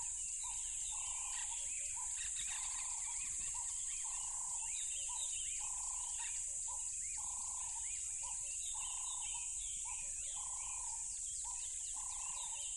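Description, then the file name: Crickets sound a steady high trill, broken by repeated lower buzzing bursts, with faint bird chirps mixed in. Loud crickets by a tropical river. "smartsound ATMO NATURE Tropical River Loud Crickets"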